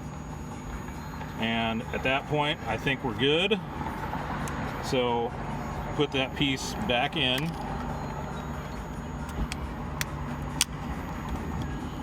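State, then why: Seated. Someone talks while a removed plastic piece of a pump receipt printer is pushed back into its housing, with a few light taps near 9.5 s and 10.0 s. The piece snaps into place with a sharp click at 10.6 s, seating it as the retaining clips come back.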